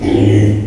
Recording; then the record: squeal of a Yucatan mini pig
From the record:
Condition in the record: before surgery on the right vocal fold (resection and tissue-engineered implant); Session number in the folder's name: 2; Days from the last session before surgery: 0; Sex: male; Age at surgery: 12 weeks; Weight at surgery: 13 kg